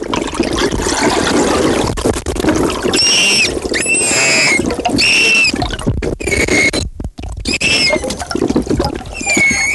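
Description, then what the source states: Manatee squeaks: high, harmonic chirps and squeals in short bursts over loud, continuous splashing and rumbling noise. Manatee described as frightened.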